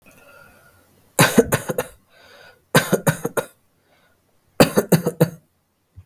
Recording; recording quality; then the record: shallow voluntary cough; excellent, no background noise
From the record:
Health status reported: healthy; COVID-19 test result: negative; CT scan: not taken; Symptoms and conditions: none ticked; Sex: male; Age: 29 years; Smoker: no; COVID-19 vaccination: both doses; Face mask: not worn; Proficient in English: yes